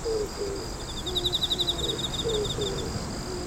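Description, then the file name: Pigeon coos, soft low hooted notes, some slightly falling, given in a slow series while insects trill and buzz at a much higher pitch. "bird pigeon"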